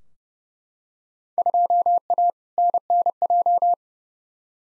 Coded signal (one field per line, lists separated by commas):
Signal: Morse code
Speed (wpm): 30 wpm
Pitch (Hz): 700 Hz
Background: none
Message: 2A NNJ